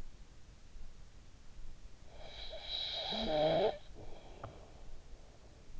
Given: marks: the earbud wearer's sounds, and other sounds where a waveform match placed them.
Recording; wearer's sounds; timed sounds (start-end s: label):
sounds in sleep by an in-ear microphone; snoring breath
1.96-5.22 s: snoring breath